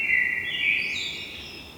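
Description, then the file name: Common blackbird with a sustained whistled note that splits into a thinner, higher strand partway through, then fades out over under two seconds. "Turdus merula"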